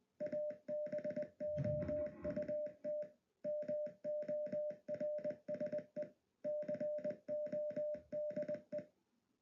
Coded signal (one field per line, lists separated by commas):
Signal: Morse code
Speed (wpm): 20 wpm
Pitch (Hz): 600 Hz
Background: music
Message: ABOUT MORSE CODE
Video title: Morse Code Converter App in Android Studio Mobile App Development Series (Final Episode!)